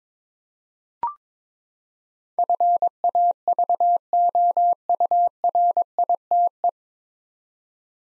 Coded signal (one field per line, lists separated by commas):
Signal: Morse code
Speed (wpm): 22 wpm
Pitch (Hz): 700 Hz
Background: none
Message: FAVOURITE